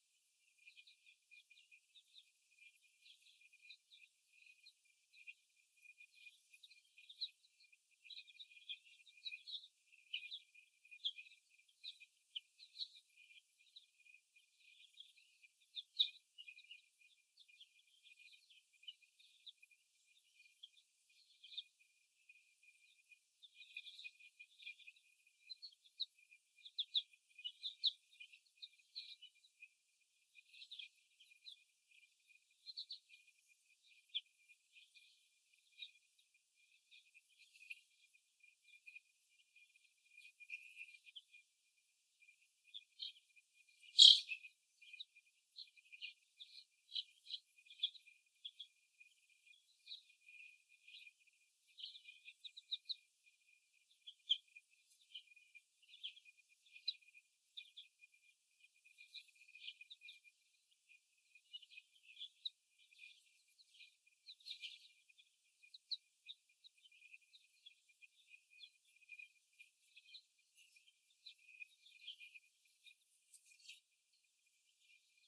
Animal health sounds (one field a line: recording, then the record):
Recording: young laying hens in a cage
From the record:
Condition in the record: before the stressor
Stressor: simulated dog barking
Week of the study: 1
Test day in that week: 1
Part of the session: 4